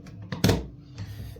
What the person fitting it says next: And that should just snap in place like so.